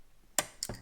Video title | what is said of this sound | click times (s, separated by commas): Build the Terminator - Part 20 - Assemble & Mount the Head Support Motor | Yep, when you hear that click, you know that it's gone in as far as it can. | 0.4 s